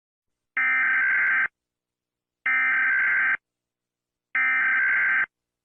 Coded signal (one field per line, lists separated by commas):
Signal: Emergency Alert System (SAME) tones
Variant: header bursts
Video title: Greece EAS Alarm (1944 LOUD AT 0:06)